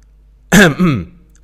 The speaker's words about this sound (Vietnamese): Diệp Thiên thấy bọn họ lại sắp sửa cãi nhau, liền hắng giọng ho một tiếng.